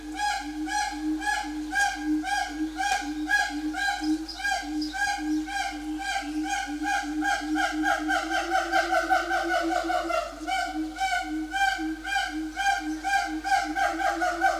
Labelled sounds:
Siamang
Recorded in captivity
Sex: male
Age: adult
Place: Zoo Berlin, Berlin, DE
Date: 2004-06-07 12:53
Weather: heiter bis wolkig, 23-25°C
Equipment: Sony WM-D6C, Sennheiser ME 80, Kopie Uher 4000 Report Monitor
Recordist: Tembrock, Günter

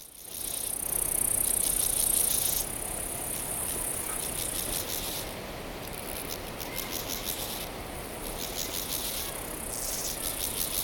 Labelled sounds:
Steppe Grasshopper stridulation
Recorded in the wild
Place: Eutin, Holsteinische Schweiz, Schleswig-Holstein, DE
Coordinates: 54.132, 10.614
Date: 1992-09-15 14:29
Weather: Schatten: 18,8°C, Sonne: 21,5°C
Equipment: Marantz CP 430, Sennheiser ME 80, Kopie Tesla B 116
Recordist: Tembrock, Günter

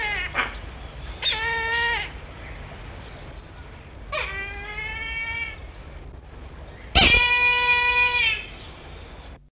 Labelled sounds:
Brahminy Kite call
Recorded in captivity
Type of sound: call
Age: adult
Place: Zoo London, England, GB
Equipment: Halbspur, 9,5 cm/s
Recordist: Lütgens, Hans
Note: Rufe

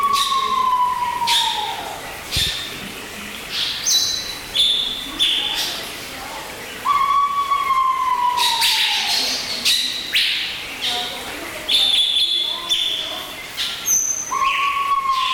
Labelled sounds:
Pheasant Pigeon call
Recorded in captivity
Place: Zoo Berlin, Berlin, DE
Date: 1996-01-21 13:22
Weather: heiter, -7°C
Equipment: Sony MD-WM MZ-R3, Sennheiser ME 80, Kopie Uher 4000 Report Monitor
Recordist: Tembrock, Günter

